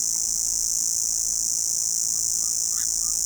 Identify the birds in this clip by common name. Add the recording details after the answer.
Ferruginous Pygmy-Owl. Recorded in pastures near Pivijay, Magdalena, Colombia, on 18 April 2023 at 18:30. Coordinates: 10.456, -74.369. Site P6-G026